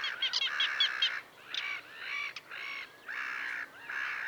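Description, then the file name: Little gull calls, harsh nasal notes in quick bursts followed by longer drawn-out squealing calls. "Dvargmas"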